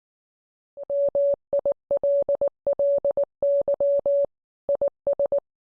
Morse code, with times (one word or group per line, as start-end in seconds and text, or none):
0.9-4.2 MILLY
4.7-5.4 IS